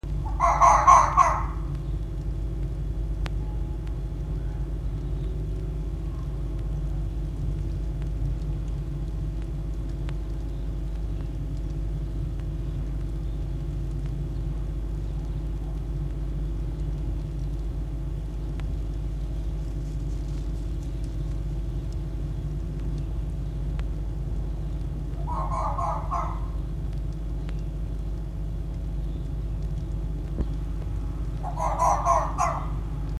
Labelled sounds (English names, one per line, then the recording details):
Red Fox
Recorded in captivity
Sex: male
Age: adult
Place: Zoologisches Institut der HUB, Berlin, DE
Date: 1956-02-20 13:40
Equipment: Elmetra
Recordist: Tembrock, Günter
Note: Schluck: dreimal Bellserie (aus 8 kommend nach "Auseinandersetzung" mit Molly). Netzbrummen